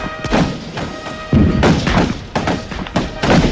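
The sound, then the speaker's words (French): Rifle shots crack out in a ragged volley, several sharp, loud bursts overlapping at uneven intervals with no talking, each report thudding heavily before the next one hits, as soldiers fire on command at attacking enemies. “Feu!”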